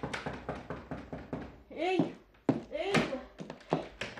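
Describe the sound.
A quick series of hard knocks on the door of an apartment rented by the mayor, then bursts of rising and falling voiced sounds, with a few more sharp raps near the end.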